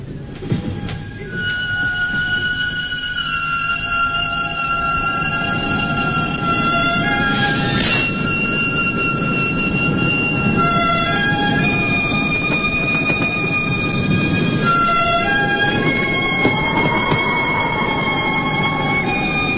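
In winter, a train carrying two police detectives and their prisoner rolls steadily along the rails, a constant low rumble layered with sustained high metallic tones and squeals, one briefly gliding upward near the end. No voices are heard.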